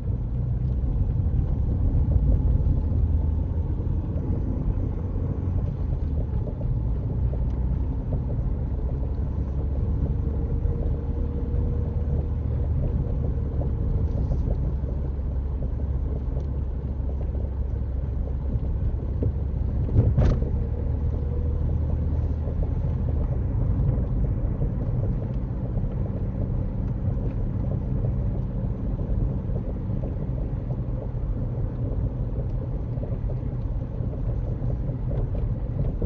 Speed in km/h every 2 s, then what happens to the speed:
29, 34, 34, 37, 40, 40, 37, 37, 37, 40, 42, 44, 47, 45, 45, 44, 44, 44.
0-7 speeds up to 40. 7-17 steady at about 37. 17-23 speeds up to 47. 23-36 steady at about 44.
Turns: none.